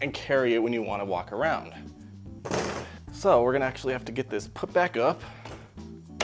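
Someone talks while handling the folded steering stem of a MEGAWHEELS S10BK electric scooter, getting ready to raise it upright so the folding stem latch on the frame locks. Soft handling thunks come around 2.5 s and 3.1 s, with a brief sharp sound right at the end. Nothing has seated or clicked yet.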